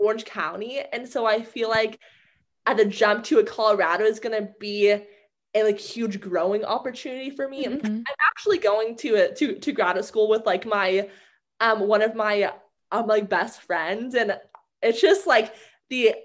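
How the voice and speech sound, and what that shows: An adult woman who stutters speaks with stretched sounds, a part-word repetition and hesitant pauses, consistent with mild stuttering.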